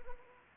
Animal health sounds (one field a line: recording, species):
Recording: mosquito wingbeat signal from an infrared sensor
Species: Anopheles arabiensis